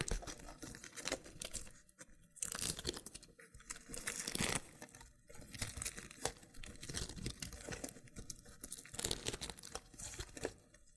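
Loofah being handled with peeling and popping sounds: dense, crackly crinkling and tearing noises that come in irregular bursts. Bright, sharp pops and scrapes flare up around 2, 4.5, 9 and 10.5 seconds, with brief quieter gaps between the busy stretches.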